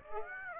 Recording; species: mosquito wingbeat signal from an infrared sensor; Aedes aegypti